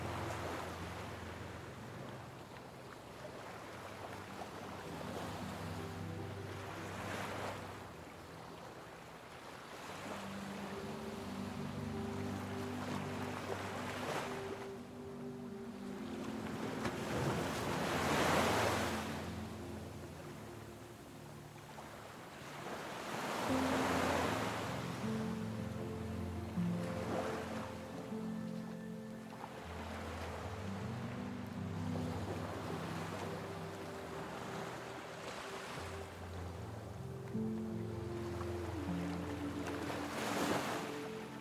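Ocean waves wash in and out in slow surges, swelling every five to ten seconds with a bright hiss as each breaks. Beneath them, soft music holds long, low, sustained notes that shift gently in pitch, keeping an even, unhurried pace throughout.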